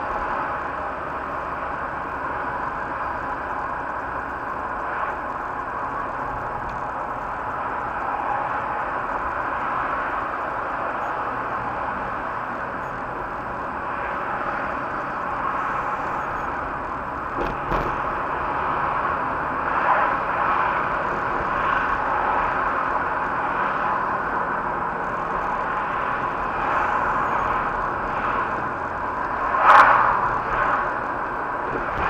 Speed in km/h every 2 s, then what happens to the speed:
29, 28, 27, 25, 25, 25, 28, 29, 32, 34, 35, 35, 37, 38, 38, 39.
0-11 steady at about 25. 11-18 speeds up to 34. 18-32 steady at about 37.